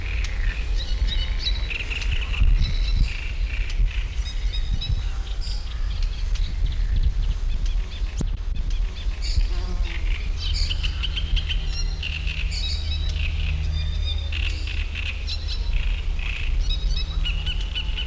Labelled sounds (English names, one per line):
Great Reed Warbler